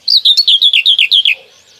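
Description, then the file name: Common whitethroat song: a short chattering phrase of about ten quick notes lasting just over a second, slightly falling toward the end. "Cierniówka"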